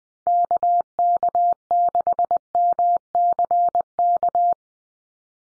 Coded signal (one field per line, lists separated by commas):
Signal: Morse code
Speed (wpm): 20 wpm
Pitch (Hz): 700 Hz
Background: none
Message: KK6MCK